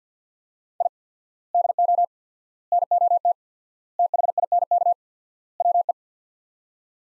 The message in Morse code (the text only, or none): I DO NOT THINK WE